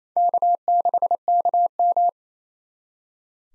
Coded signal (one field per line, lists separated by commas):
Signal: Morse code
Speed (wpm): 28 wpm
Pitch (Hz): 700 Hz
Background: none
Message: K6KM